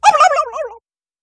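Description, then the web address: Turkey gobble, one quick rattling burst of warbling notes that trails off and falls in pitch, lasting under a second, then silence. Domestic barnyard turkey. "animals barnyard|turkey"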